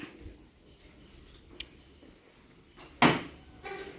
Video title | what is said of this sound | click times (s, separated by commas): எனக்கு காலையில் மட்டும் இவ்ளோ வேலையா 🤯 -- MORNING ROUTINE -- Sri Cyber Tamizhachi #tamilvlog #vlog | இப்ப லாக் வந்து லாக் ஆயிடுச்சு | 3.0 s